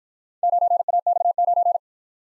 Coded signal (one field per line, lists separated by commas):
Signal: Morse code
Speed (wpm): 55 wpm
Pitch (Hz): 700 Hz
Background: none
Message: 9AX9